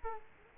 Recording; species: mosquito wingbeat signal from an infrared sensor; Culex quinquefasciatus